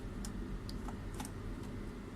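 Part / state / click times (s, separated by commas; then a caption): keyboard into laptop chassis / not seated / none. A laptop keyboard is being set back into the deck of a Dell Inspiron 3520 and handled, ready to be pressed down so its clips lock. Brief, light ticks and taps come at about 0.3, 0.7, 1.2 and 1.3 seconds over a steady low background hum. Nothing has seated or clicked into place yet.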